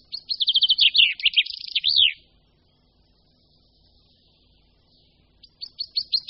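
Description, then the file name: Common chaffinch song: a fast descending trill with a final flourish, a pause, then the slow opening notes of the next phrase. "Pěnkava obecná"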